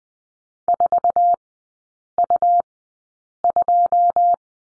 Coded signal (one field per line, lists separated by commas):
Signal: Morse code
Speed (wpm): 20 wpm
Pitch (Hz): 700 Hz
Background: none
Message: 4U2